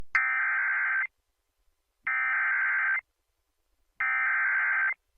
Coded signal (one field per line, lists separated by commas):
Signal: Emergency Alert System (SAME) tones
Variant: header bursts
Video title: EAS Captures: SVR for Western Indiana